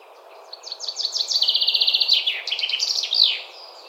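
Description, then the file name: Common chaffinch delivering one full song: a few spaced introductory notes, a fast steady trill, then a tumbling ending with a sharp final flourish, steady low hiss behind. "Fringilla coelebs"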